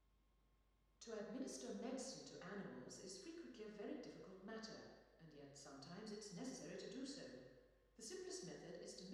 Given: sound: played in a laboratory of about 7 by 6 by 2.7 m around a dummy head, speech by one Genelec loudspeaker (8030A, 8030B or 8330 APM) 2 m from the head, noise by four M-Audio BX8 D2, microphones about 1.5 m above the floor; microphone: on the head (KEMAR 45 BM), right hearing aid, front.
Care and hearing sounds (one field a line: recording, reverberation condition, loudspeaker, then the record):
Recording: female speech in English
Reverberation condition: high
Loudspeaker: 150 degrees to the right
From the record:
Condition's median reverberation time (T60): about 1300 ms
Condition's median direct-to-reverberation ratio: about -4.0 dB